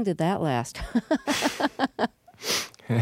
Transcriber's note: laughs